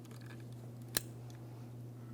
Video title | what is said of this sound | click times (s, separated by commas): How to Replace Ignition Coil Boots 2003-2008 Toyota Matrix 1.8L L4 | We're going to press it in. Listen for a click. | 1.0 s